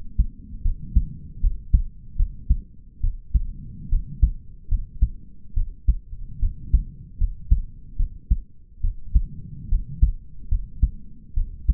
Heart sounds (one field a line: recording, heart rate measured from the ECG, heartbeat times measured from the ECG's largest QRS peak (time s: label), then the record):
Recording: heart sounds by stethoscope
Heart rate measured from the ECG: 73 bpm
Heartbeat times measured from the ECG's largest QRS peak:
0.62 s: heartbeat
1.40 s: heartbeat
2.16 s: heartbeat
3.00 s: heartbeat
3.89 s: heartbeat
4.68 s: heartbeat
5.54 s: heartbeat
6.39 s: heartbeat
7.18 s: heartbeat
7.96 s: heartbeat
8.81 s: heartbeat
9.68 s: heartbeat
10.48 s: heartbeat
11.34 s: heartbeat
From the record:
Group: healthy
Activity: rest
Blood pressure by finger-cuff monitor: 99/76 mmHg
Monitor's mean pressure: 83 mmHg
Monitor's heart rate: 76 bpm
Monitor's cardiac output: 5.1 L/min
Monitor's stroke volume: 69 mL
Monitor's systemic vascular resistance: 1170 dyn s/cm5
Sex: male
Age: 20 years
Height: 187 cm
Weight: 68.9 kg